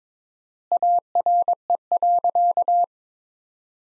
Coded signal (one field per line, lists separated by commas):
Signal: Morse code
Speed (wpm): 22 wpm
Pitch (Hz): 700 Hz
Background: none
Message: ARE.